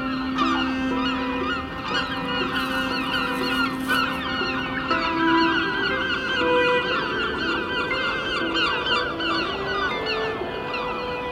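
A city square with a dense, steady wash of sound that barely rises or falls across the whole stretch. Overlapping honking, goose-like calls and tonal cries keep coming without pause, layered over a low, constant rumble of the surrounding city.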